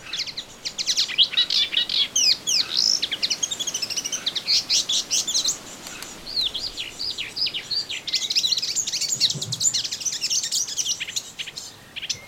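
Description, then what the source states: Melodious warbler song, a fast, rambling babble of high twittering notes, slurred chirps and short trills, pouring out almost continuously with only a brief pause midway. Recorded in a garden on 25 June 2017.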